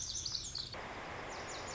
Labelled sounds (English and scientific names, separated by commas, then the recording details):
Lazuli Bunting (Passerina amoena)
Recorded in Sonoma County, California